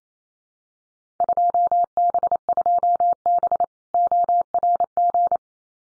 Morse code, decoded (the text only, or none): 2B2B ORG